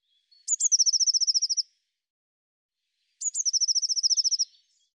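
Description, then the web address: Eurasian blue tit calling twice: a pair of piercing high notes runs into a rapid, steady trill lasting about a second. "cianscape birddata Deverinetal 2025 File cleaned normalized Bird Cy Ca"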